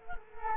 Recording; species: mosquito wingbeat signal from an infrared sensor; Culex quinquefasciatus